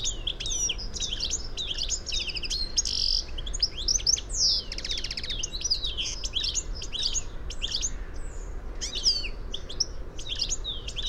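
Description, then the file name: European goldfinch twittering in a fast, continuous jumble of tinkling notes, buzzy trills and slurred chirps, with a brief rattling burst midway and low background rumble. "Carduelis carduelis"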